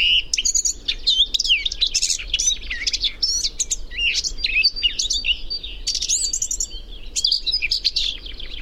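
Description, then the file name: Eurasian blackcap singing a fast, jumbled warble of scratchy and clear high notes, with a constant low drone beneath. "Sylvia atricapilla"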